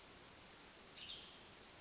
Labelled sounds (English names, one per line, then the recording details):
Western Tanager
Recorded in Sonoma County, California